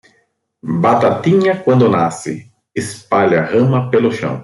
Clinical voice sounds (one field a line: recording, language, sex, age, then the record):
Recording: short text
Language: Brazilian Portuguese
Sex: male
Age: 40 to 49 years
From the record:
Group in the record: control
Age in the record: 47 years